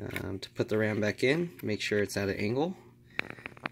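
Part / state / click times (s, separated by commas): RAM module in laptop memory slot / seated / 3.2 s, 3.7 s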